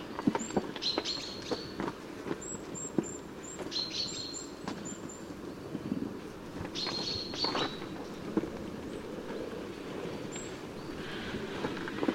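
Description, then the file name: Common chaffinch calls: brief, flat, whistled notes given in scattered bursts, with high tiny ticks and a steady noisy background. "Fringilla coelebs"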